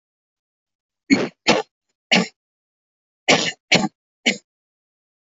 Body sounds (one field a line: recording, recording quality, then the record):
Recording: shallow voluntary cough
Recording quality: excellent, no background noise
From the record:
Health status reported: healthy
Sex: female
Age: 40 years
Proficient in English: no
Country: India